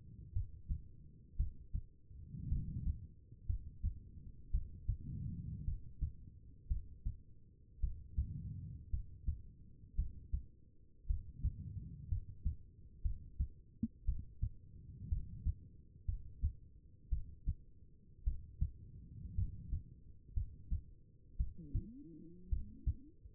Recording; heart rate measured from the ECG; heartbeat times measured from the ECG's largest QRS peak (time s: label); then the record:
heart sounds by stethoscope; 57 bpm
0.33 s: heartbeat
1.36 s: heartbeat
2.49 s: heartbeat
3.46 s: heartbeat
4.51 s: heartbeat
5.64 s: heartbeat
6.68 s: heartbeat
7.80 s: heartbeat
8.90 s: heartbeat
9.95 s: heartbeat
11.07 s: heartbeat
12.08 s: heartbeat
13.02 s: heartbeat
14.05 s: heartbeat
15.09 s: heartbeat
16.05 s: heartbeat
17.09 s: heartbeat
18.24 s: heartbeat
19.35 s: heartbeat
20.34 s: heartbeat
21.37 s: heartbeat
22.49 s: heartbeat
From the record:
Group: healthy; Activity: rest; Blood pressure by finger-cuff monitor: 92/63 mmHg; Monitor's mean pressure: 72 mmHg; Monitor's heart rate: 58 bpm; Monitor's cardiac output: 4.2 L/min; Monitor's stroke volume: 74 mL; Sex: female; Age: 36 years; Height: 163 cm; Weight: 88 kg